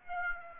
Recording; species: mosquito wingbeat signal from an infrared sensor; Aedes aegypti